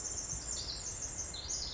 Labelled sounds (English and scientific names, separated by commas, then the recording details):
Pacific Wren (Troglodytes pacificus)
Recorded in Sonoma County, California